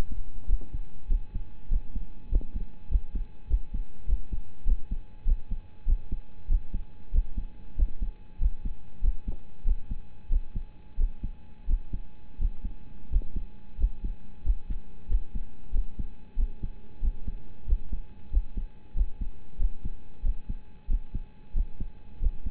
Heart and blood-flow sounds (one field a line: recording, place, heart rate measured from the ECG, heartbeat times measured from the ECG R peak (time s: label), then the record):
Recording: heart sounds by stethoscope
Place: between the tricuspid and mitral areas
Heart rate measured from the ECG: 94 bpm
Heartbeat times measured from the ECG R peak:
0.46 s: heartbeat
1.07 s: heartbeat
1.68 s: heartbeat
2.28 s: heartbeat
2.88 s: heartbeat
3.47 s: heartbeat
4.05 s: heartbeat
4.64 s: heartbeat
5.24 s: heartbeat
5.85 s: heartbeat
6.47 s: heartbeat
7.11 s: heartbeat
7.75 s: heartbeat
8.38 s: heartbeat
9.01 s: heartbeat
9.64 s: heartbeat
10.28 s: heartbeat
10.96 s: heartbeat
11.66 s: heartbeat
12.37 s: heartbeat
13.08 s: heartbeat
13.76 s: heartbeat
14.42 s: heartbeat
15.07 s: heartbeat
15.71 s: heartbeat
16.35 s: heartbeat
17.00 s: heartbeat
17.65 s: heartbeat
18.30 s: heartbeat
18.93 s: heartbeat
19.57 s: heartbeat
20.22 s: heartbeat
20.87 s: heartbeat
21.53 s: heartbeat
22.19 s: heartbeat
From the record:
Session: rest, lying down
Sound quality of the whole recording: partially saturated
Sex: male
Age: 25 years